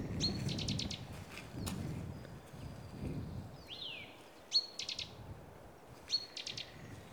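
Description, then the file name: Great tit calls: a short high ringing note followed by a few dry rattling clicks, heard three times, with low rumbling background noise and a brief downslurred note. "Parus major"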